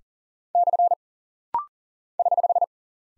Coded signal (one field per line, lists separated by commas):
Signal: Morse code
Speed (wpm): 39 wpm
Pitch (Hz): 700 Hz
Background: none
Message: / <HH>